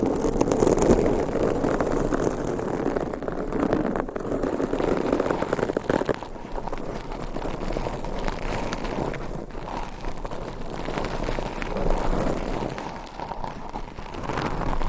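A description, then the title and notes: Hands scratch and rub across microphones in a dense, continuous rasp that never lets up, full with a heavy low rumble underneath. Brighter scraping flurries surge around the second, sixth and twelfth seconds, with brief dips in between. ASMR EXTREME Mic Scratching with 4 HANDS & 6 Mics.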